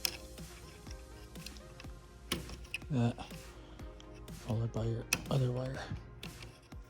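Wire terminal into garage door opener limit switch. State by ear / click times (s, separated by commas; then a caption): seated / 6.2 s. Someone talks while the second wire is pushed into its terminal on the plastic limit switch of a LiftMaster/Chamberlain/Craftsman garage door opener. A sharp click at 6.2 s marks the wire terminal snapping into place, and the wiring is confirmed seated.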